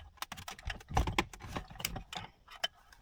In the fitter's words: That's clipped in.